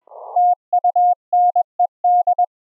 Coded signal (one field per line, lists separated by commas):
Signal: Morse code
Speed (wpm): 20 wpm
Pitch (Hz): 710 Hz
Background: none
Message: TUNED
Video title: Experimental Ham Radio REMOTE RIG AUDIO setup - TCP IP audio OVER the LAN - LIVE HF QSO demo